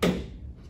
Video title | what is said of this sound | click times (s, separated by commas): Newline LYRA i ELARA (seria Q): instalacja modułu WiFi | in and then you'll snap it'll snap it in place like that | 0.0 s